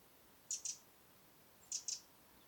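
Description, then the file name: Eurasian wren calling: two pairs of short, sharp, high ticking notes, each pair a quick double tick, over a quiet background. "Troglodytes troglodytes"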